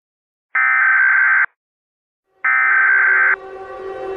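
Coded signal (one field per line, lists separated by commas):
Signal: Emergency Alert System (SAME) tones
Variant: header bursts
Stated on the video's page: Fictional EAS scenario with SAME tones, a fan-made simulation rather than a real alert.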